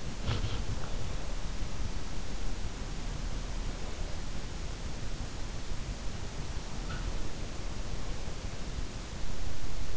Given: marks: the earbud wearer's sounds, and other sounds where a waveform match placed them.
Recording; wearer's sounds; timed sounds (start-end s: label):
sounds in sleep by an in-ear microphone; body movement
0.00-1.29 s: body movement